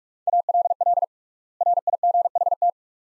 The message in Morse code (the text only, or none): ALL RIGHT